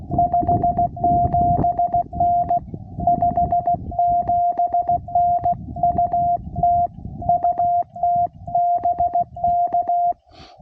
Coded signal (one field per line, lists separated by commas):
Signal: Morse code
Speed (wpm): 16 wpm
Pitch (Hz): 700 Hz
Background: none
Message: 57N 57N UT UT BK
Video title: CW Pota Activation US-11199